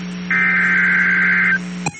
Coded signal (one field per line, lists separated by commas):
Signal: Emergency Alert System (SAME) tones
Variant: header bursts